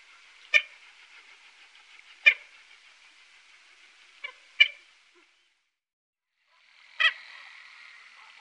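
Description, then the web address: Red-knobbed coot giving sharp, abrupt call notes, a few single calls spaced apart, two of them close together, then another after a pause. "Faglar Sound Kamsothona"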